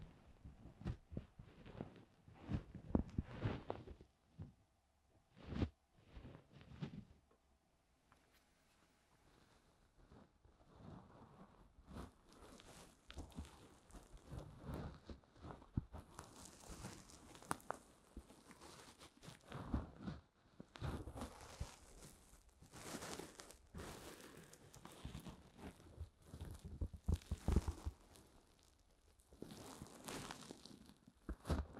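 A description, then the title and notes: Ear cleaning ASMR with no talking: dense bursts of crackling, rubbing and scratching, pausing briefly near five and eight seconds, then continuing steadily. ASMR DEEP Ear Cleaning No talking 시원한 모래 귀청소.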